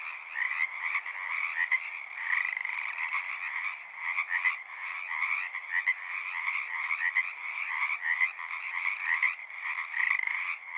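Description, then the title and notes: Pacific tree frogs croaking in a large group, raspy pulsed calls overlapping constantly with occasional louder individual notes standing out. Wild community in large raucous groups at ponds in Seattle, Washington; calling spring or summer near dusk or pre-dawn; recorded with a portable recorder and ORTF microphone pair. "One local community here in Seattle is located in the Frog Ponds of Magnusson Park"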